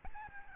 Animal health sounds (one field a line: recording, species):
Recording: mosquito wingbeat signal from an infrared sensor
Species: Aedes albopictus